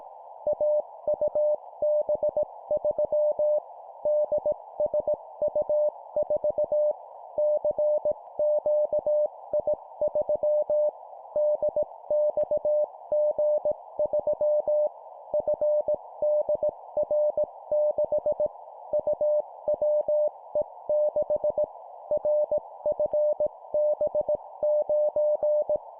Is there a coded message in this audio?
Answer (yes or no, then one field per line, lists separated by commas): yes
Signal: Morse code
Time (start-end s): 0.5-25.8 s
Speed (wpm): 18 wpm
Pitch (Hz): 600 Hz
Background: none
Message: AUB3 DSU4 CQI3 DXG3 FDR6 UWE6 RFB9